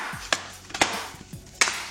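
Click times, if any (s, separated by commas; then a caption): 0.3 s, 0.8 s, 1.6 s. The plastic bottom housing of a Lenovo ThinkPad T15g Gen 2 laptop is pressed back onto the chassis, and its retaining clips snap in one after another. Sharp clicks are heard at 0.3, 0.8 and 1.6 seconds, with a softer tap just before the second. The cover is seated, with all its clips clicked into place.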